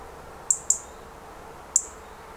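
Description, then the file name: European robin call of three brief, very high, sharp ticks, two close together and one after a pause. "Erithacus rubecula"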